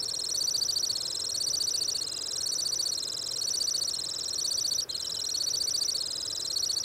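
Temminck's stint giving an unbroken, high-pitched, fast trilling song that wavers softly up and down, with one tiny break near the end.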